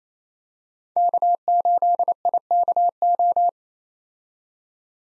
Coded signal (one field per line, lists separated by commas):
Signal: Morse code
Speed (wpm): 28 wpm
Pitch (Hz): 700 Hz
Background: none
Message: K8IKO